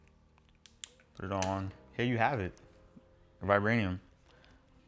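A magnet-held cover is put back over the epoxied 9-volt battery compartment of a handmade prop, and the magnets pull it home with two sharp snaps at about 0.7 and 0.8 seconds. Someone then talks, and the cover is seated.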